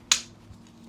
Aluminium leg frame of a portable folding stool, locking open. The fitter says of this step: So if you unfold it, it locks into place,